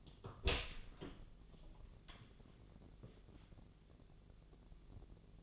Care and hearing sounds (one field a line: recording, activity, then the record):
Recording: daily activity, microphone in the room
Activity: open door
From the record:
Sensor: 4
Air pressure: 1001.2 hPa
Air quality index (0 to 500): 184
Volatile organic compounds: 2 ppm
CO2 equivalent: 1315 ppm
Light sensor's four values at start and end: 17/39/16/17 and 15/35/14/15